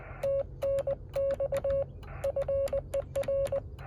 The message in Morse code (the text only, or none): TNX FER